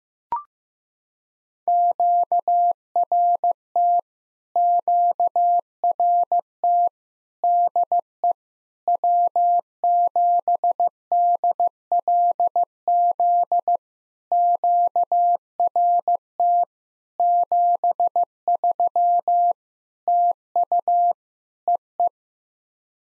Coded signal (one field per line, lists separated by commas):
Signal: Morse code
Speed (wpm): 15 wpm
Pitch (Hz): 700 Hz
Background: none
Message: QRT QRT DE W7DLZ QRT 73 TU EE